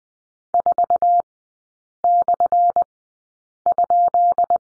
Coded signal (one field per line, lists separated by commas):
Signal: Morse code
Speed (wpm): 20 wpm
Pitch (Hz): 700 Hz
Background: none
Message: 4/?